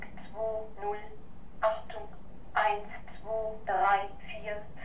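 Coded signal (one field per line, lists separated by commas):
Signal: numbers station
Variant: German female machine voice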